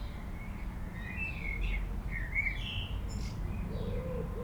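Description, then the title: Common blackbird delivering a rich warbled phrase rising into a high squeaky finish, over continuous roar of road traffic. Blackbird singing in a city amid urban road traffic and aircraft noise, Aix-les-Bains, France. "51 Rue Maryse Bastié, Aix-les-Bains, France - Merle dans la ville"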